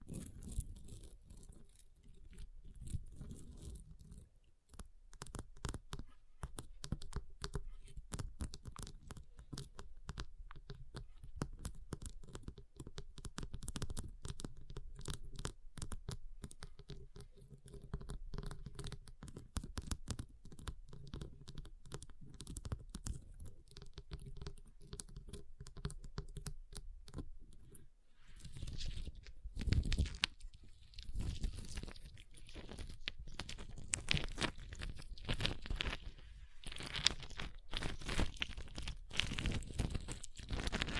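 Ice is tapped, scratched and carved in a dense run of short, dry clicks and scrapes packed closely together throughout. Around the 28-second mark the texture shifts, becoming brighter and rougher, with harsher scraping strokes and crunchy bursts continuing to the end.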